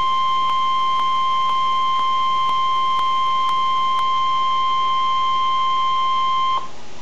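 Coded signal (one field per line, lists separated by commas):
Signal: Emergency Alert System (SAME) tones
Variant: 1050 Hz attention tone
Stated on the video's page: Severe thunderstorm warning from NOAA Weather Radio station KEC60 Milwaukee, Wisconsin.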